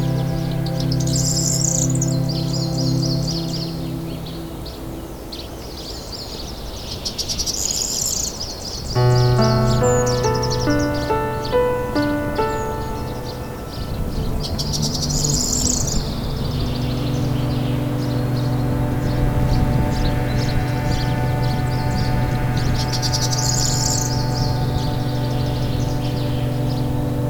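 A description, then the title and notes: Nature sounds with piano: a low, sustained piano tone sets in, then a run of changing notes arrives around nine seconds and gives way to held chords. Over it, bright bird chirps and trills recur every few seconds, with a steady soft hiss beneath. Relaxing Nature Sounds with Piano.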